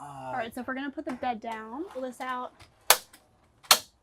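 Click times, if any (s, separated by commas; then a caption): 2.9 s, 3.7 s. Someone talks, then the fold-down bed's support legs are pulled out of a Winnebago View/Navion 24D and snap into their locked position in the bed frame. Two sharp snaps are heard at 2.9 s and 3.7 s, and the legs are seated and locked in place.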